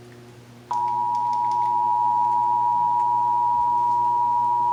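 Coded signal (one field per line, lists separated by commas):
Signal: Emergency Alert System (SAME) tones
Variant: 853 and 960 Hz attention tone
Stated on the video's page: Texas Required Monthly Test heard on several radio and TV stations.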